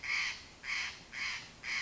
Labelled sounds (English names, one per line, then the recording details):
Steller's Jay
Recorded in Sonoma County, California